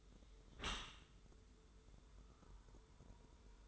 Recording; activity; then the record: daily activity, microphone in the room; close dishwasher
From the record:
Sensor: 3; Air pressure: 1014.9 hPa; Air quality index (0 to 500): 42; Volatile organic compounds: 1 ppm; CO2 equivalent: 606 ppm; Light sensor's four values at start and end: 12/27/11/11 and 12/27/11/11